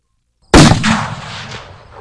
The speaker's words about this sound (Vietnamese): Một tiếng nổ to lớn, kế đó là một cơn sóng linh lực lan tràn.